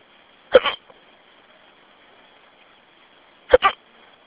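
Two hiccups from an adult, about three seconds apart, heard over a telephone line.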